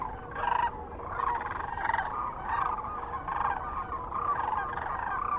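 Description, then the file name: Sandhill cranes in a continuous chorus of rolling, purring bugles, overlapping calls pulsing in quick succession. Kearney, Nebraska, on 9 March 2004. "2004-03-09 SACRandmore C Kearney NE"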